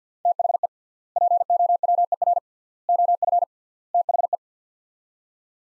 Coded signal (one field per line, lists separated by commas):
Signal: Morse code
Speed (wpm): 45 wpm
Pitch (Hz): 700 Hz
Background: none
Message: THE POWER OF THE